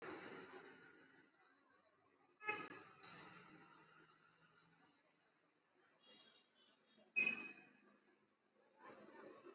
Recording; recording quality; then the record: deep breathing; moderate, slight background noise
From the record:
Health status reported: exposed to COVID-19, no respiratory illness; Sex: male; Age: 55 years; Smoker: no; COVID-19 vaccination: both doses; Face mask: worn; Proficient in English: yes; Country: India